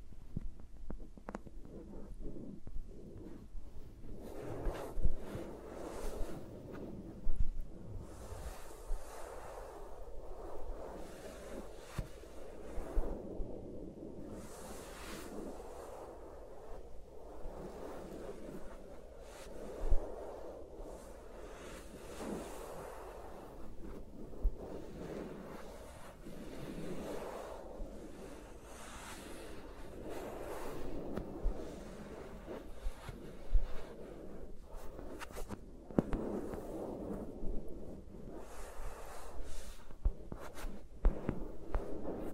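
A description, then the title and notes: Fingers move around the microphones, making soft, repeated swooshing rubs every second or two over a low, steady rumble, with occasional sharper taps. ASMR with Mics Around My Fingers (No Talking).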